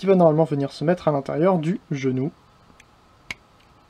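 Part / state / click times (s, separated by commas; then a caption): plastic peg into the action figure's knee joint / seated / 3.3 s. Someone talks while pushing a plastic peg inside the knee joint of a transforming action figure, and after a faint tick at 2.8 s the peg clips into place with a sharp click at 3.3 s. It is seated, though it will come loose very quickly.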